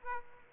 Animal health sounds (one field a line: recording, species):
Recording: mosquito wingbeat signal from an infrared sensor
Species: Aedes aegypti